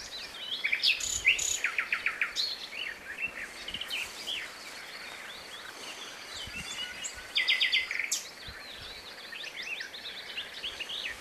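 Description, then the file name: Common nightingale song with a string of varied phrases: fast rattling trills, sharp chirps and short whistles, separated by brief pauses. "Luscinia megarhynchos"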